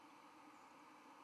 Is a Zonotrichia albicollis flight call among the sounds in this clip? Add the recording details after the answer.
yes. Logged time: 06:32 on 31 October 2014